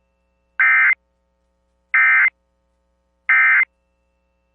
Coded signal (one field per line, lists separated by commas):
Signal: Emergency Alert System (SAME) tones